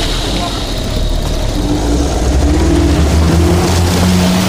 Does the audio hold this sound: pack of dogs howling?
no